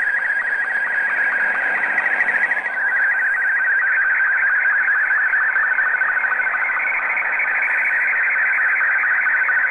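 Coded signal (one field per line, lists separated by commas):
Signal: SSTV (slow-scan television)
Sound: steady warbling, chirping tone with a fast regular ticking rhythm, continuous throughout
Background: radio static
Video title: SSTV - 14230 KHz USB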